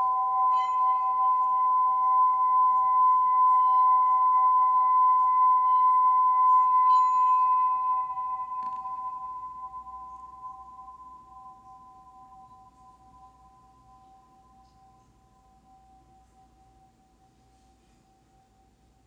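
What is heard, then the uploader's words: A healing bowl rings with a steady, bright tone that holds for about seven seconds, then slowly fades away over the remaining twelve. HEALING BOWLS FOR LAKE COUNTY.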